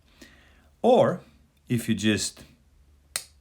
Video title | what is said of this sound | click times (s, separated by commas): Benchmade Proper Pocketknife, with Flytanium Titanium Scales. Full Review | like this you're gonna be able to hear the snappy sound | 3.2 s